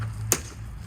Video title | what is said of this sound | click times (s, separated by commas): OEM+ Upgrade! Installing STI Side Skirt Extensions and Spats on My WRX | and hold that one and just pull straight out like I did. You can hear it pop out. | 0.3 s